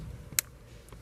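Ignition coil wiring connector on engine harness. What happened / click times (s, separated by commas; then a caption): The connector clicked open / 0.4 s. A squeeze tab on an ignition coil wiring connector on the engine harness of a Land Rover LR2 is pressed to release and unplug it. A sharp, bright click sounds at 0.4 s as the connector releases, followed by a much fainter tick near 0.9 s. The connector comes free.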